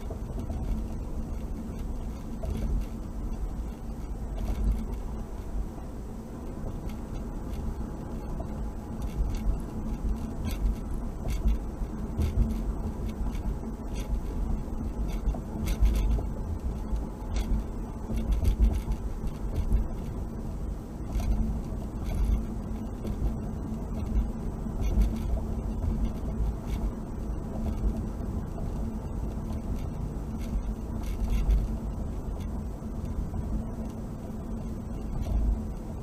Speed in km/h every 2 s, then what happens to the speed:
55, 55, 55, 55, 56, 56, 56, 58, 58, 58, 58, 60, 58, 60, 60, 56, 56, 56.
0-36 steady at about 56.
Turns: none.